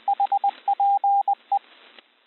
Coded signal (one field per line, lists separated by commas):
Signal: Morse code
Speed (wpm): 20 wpm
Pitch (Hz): 800 Hz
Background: radio noise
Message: HPE